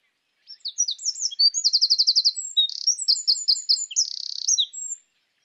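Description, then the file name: Eurasian wren singing a rapid, high-pitched outpouring of sharp notes and rolling trills, broken by two dry buzzy rattles, over about four and a half seconds. "Troglodytes troglodytes"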